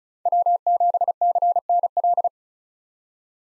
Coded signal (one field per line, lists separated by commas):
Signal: Morse code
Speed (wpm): 34 wpm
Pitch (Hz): 700 Hz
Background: none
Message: W7CNL